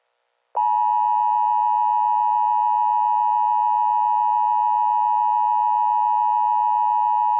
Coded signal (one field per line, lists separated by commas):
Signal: Emergency Alert System (SAME) tones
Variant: 853 and 960 Hz attention tone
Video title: A Few Old EAS Alerts From Summer That I Never Uploaded (EAS 29-31)